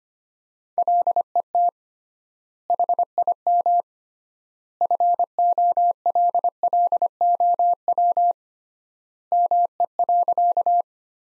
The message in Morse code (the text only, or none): LET HIM FOLLOW ME.